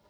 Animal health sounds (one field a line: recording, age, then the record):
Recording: pig call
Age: piglet (1 to 25 days)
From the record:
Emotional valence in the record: positive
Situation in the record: short reunion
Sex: female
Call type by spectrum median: low-frequency call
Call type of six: low-frequency tonal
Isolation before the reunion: 3 minutes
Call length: 0.11 s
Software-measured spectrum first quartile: 440 Hz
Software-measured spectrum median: 930 Hz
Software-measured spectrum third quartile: 2705 Hz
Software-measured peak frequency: 603 Hz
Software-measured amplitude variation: 104 dB a second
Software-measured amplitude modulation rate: 4.7 a second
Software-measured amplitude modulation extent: 22.2 dB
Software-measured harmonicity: -1.0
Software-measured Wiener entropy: -1.43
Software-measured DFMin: 903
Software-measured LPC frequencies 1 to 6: 681, 3124, 3962, 4727, 6751, 8461 Hz